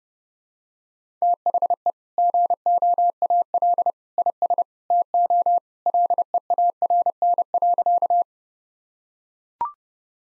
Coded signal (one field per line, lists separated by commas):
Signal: Morse code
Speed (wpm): 28 wpm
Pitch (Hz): 700 Hz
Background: none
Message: THE GOAL IS TO LEARN.